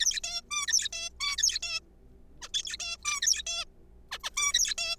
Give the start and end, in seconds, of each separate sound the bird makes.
0.00-0.20, 0.24-0.41, 0.51-0.66, 0.68-0.89, 0.93-1.09, 1.21-1.36, 1.38-1.59, 1.63-1.80, 2.42-2.48, 2.54-2.63, 2.63-2.77, 2.80-2.97, 3.04-3.21, 3.22-3.43, 3.47-3.65, 4.12-4.18, 4.24-4.30, 4.37-4.53, 4.54-4.75, 4.78-4.96